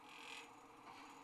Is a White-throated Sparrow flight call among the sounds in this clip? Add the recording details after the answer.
no. No flight call is heard. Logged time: 21:54 on 29 November 2014